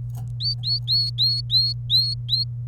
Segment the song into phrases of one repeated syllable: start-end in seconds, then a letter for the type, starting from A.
0.40-2.44 A